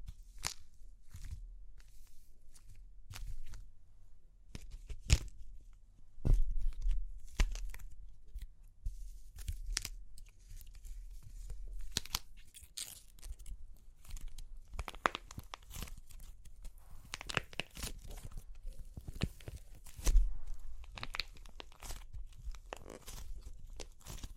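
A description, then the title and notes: Dry clay cracks and crunches, with sharp irregular snaps every second or so and louder breaks near 5, 6 and 20 seconds. Super Crunchy Clay Cracking (No Talking).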